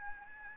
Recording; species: mosquito wingbeat signal from an infrared sensor; Aedes albopictus